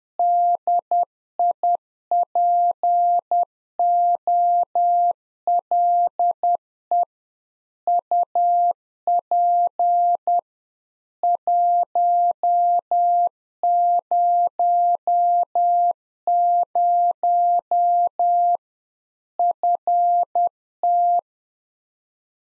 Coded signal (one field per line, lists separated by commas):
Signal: Morse code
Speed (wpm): 10 wpm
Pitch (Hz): 700 Hz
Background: none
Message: DIPOLE UP 100 FT